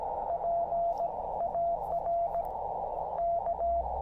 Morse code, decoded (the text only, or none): PARK